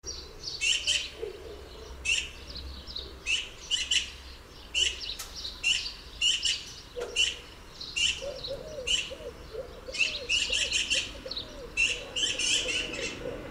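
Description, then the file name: Eurasian magpie giving harsh, rasping chatter calls in short bursts, repeated throughout. "Pica pica"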